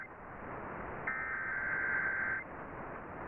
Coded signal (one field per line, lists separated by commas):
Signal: Emergency Alert System (SAME) tones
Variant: header bursts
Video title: KCNZ Required Weekly Test #1 (EAS #408)